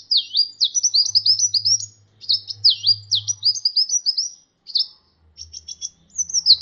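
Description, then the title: Sunbird singing a fast, high twitter of sharp chirps and swooping downslurred notes, phrases repeating closely, then a few clipped ticks and a final swooping note, over a faint low hum. "kicau kolibri"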